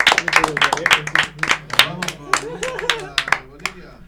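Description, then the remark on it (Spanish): Audience applause, a dense patter of many hands clapping at a fairly steady level, mixed with excited voices calling and cheering over it for the whole stretch. “Y bueno, y un aplauso para ustedes.”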